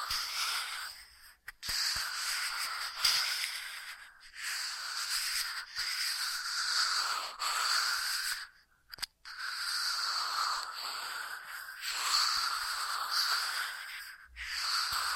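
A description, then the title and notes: Soft rubbing and brushing against a microphone in slow airy swells with brief silent pauses, bright hissy textures, no voice. ASMR Most Tingly Ear Massage Triggers for Sleep (No Talking).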